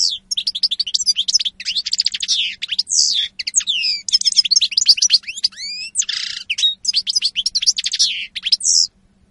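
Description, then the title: European goldfinch song, continuous liquid twittering with rapid chirps, slurred whistles and brief buzzy notes throughout, over a faint steady hum. Spanish goldfinch lure call recording (reclamo). "Reclamo jilguero espaÑol"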